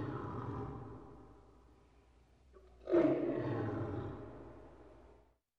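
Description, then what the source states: Big cat roaring, a low rumble fading out, then a single powerful, gravelly roar that gradually trails off. Big cat roaring while in a cage.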